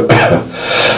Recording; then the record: coughing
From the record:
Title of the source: Cough Around the Clock!